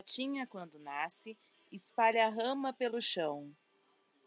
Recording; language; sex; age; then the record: short text; Brazilian Portuguese; female; 30 to 39 years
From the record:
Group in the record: control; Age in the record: 38 years